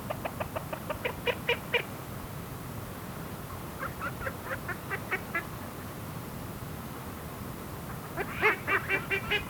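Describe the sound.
Ducks quacking in quick harsh runs, a burst of several quacks at the start, another in the middle and a louder one at the end, over a steady low rumble.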